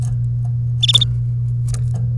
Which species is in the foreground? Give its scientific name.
Serinus canaria